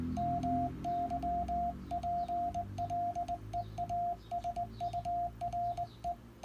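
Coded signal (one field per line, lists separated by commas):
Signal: Morse code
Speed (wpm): 20 wpm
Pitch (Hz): 700 Hz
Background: radio noise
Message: MY PLEASURE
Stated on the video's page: Final over of an SKCC QSO, sent on a Begali Sculpture Arrow key.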